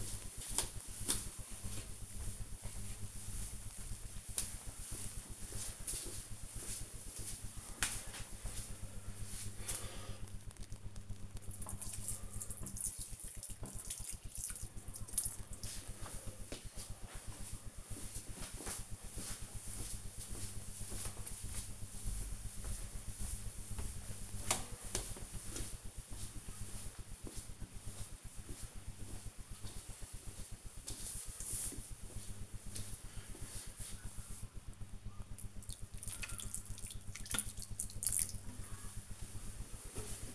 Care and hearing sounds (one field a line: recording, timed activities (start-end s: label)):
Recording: household activities, microphone on the right wrist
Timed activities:
0.00-40.35 s: watering plant